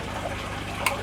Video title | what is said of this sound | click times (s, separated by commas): CHEAP AQUARIUM PYTHON | it just snaps in place like that. | 0.9 s